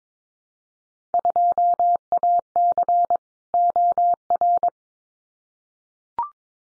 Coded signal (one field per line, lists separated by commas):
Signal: Morse code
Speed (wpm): 22 wpm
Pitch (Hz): 700 Hz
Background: none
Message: 2AC OR